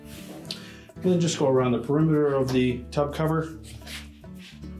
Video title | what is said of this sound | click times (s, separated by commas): Whirlpool Washer Repair - How to Replace the Seal (Whirlpool # WP35-5655-1) | the front, press down on the tub cover, then make sure that tab snaps into place. | 0.5 s